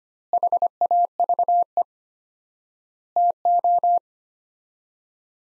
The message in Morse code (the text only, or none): HAVE TO